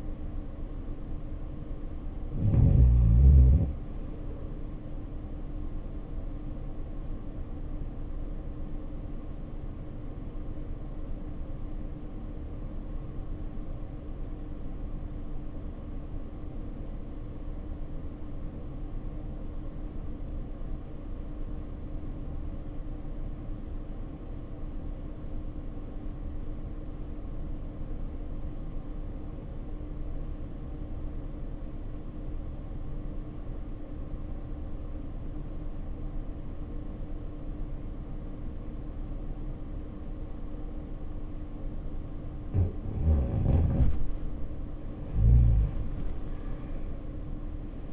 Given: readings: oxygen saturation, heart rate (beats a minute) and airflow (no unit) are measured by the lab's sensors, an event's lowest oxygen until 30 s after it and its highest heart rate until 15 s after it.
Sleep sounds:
breathing in sleep by a smartphone at the bedside; 1
11.00-43.50 s: obstructive apnea (REM, oxygen 93% highest, then 72% lowest, heart rate 59 at the start, 85 highest)
From the record:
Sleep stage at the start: REM sleep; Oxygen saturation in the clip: 70 to 93%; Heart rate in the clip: 58 to 77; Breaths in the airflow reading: 3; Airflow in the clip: -12.9 to 14.2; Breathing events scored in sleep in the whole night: 520 in 7.2 hours asleep

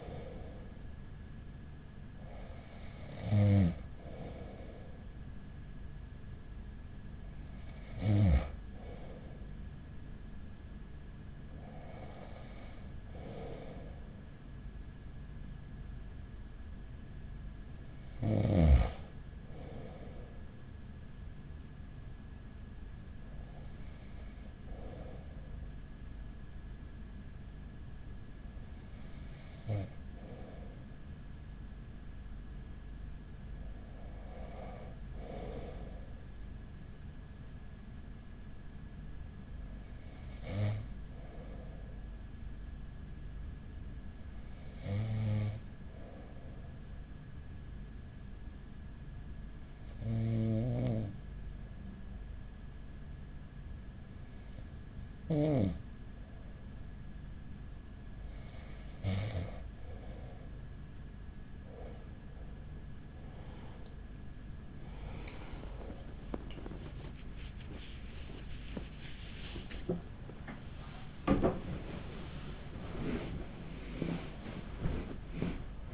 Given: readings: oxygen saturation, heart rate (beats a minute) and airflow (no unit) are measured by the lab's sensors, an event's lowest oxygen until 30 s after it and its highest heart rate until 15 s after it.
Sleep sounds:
breathing in sleep by a smartphone at the bedside; 1
39.00-66.80 s: hypopnea (N1, oxygen 95% highest, then 94% lowest, heart rate 43 at the start, 79 highest)
46.00-75.94 s: new sleep stage, N2 (light sleep)
From the record:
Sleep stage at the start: N1 (lightest sleep); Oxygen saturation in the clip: 93 to 95%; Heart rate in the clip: 31 to 47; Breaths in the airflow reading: 15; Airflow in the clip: -6.3 to 9.5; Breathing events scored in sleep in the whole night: 207 in 7.6 hours asleep

